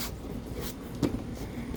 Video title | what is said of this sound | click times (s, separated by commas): New Wheels and Tires on the GMC Sierra 2500! Will they Work? - TheCombustionGuys | There, now it's sort of snapped back into place. | 1.0 s